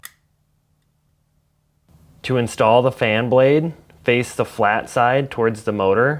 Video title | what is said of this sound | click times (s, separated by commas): How to replace Condenser Fan Motor on a Whirlpool Maytag KitchenAid Refrigerator (Part # W11127829) | now align the electrical connector and push until it snaps back in place | 0.1 s